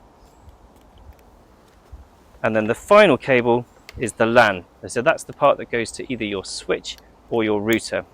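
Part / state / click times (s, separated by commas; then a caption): camera network cable plug into PoE injector port / seated / 1.0 s, 1.2 s. The plastic RJ45-style plug of a wired network bird box camera's cable is pushed into the PoE port of a power injector and seats with two small, short clicks at 1.0 s and 1.2 s. After a quiet stretch, someone talks from about 2.4 s to the end.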